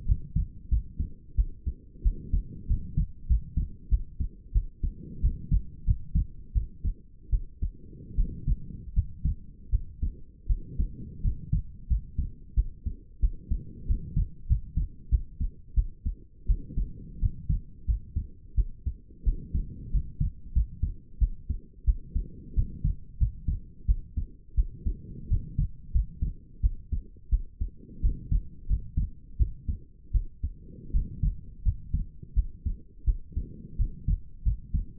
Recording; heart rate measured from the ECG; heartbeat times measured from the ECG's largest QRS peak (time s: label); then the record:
heart sounds by stethoscope; 87 bpm
0.05 s: heartbeat
0.69 s: heartbeat
1.35 s: heartbeat
2.02 s: heartbeat
2.67 s: heartbeat
3.27 s: heartbeat
3.89 s: heartbeat
4.52 s: heartbeat
5.20 s: heartbeat
5.84 s: heartbeat
6.53 s: heartbeat
7.30 s: heartbeat
8.15 s: heartbeat
8.93 s: heartbeat
9.70 s: heartbeat
10.47 s: heartbeat
11.21 s: heartbeat
11.87 s: heartbeat
12.54 s: heartbeat
13.20 s: heartbeat
13.86 s: heartbeat
14.47 s: heartbeat
15.09 s: heartbeat
15.74 s: heartbeat
16.46 s: heartbeat
17.19 s: heartbeat
17.85 s: heartbeat
18.55 s: heartbeat
19.23 s: heartbeat
19.90 s: heartbeat
20.53 s: heartbeat
21.18 s: heartbeat
21.84 s: heartbeat
22.54 s: heartbeat
23.18 s: heartbeat
23.86 s: heartbeat
24.55 s: heartbeat
25.27 s: heartbeat
25.91 s: heartbeat
26.60 s: heartbeat
27.29 s: heartbeat
28.00 s: heartbeat
28.67 s: heartbeat
29.37 s: heartbeat
30.11 s: heartbeat
30.91 s: heartbeat
31.62 s: heartbeat
32.34 s: heartbeat
33.04 s: heartbeat
33.76 s: heartbeat
34.42 s: heartbeat
From the record:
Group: healthy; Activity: rest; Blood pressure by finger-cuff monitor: 89/61 mmHg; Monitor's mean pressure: 70 mmHg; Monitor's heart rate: 87 bpm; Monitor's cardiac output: 6.8 L/min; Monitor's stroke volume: 77 mL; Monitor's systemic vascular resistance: 740 dyn s/cm5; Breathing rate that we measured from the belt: 21 breaths a minute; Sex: female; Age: 19 years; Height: 163 cm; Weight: 48.9 kg